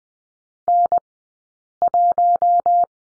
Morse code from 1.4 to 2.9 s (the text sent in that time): 1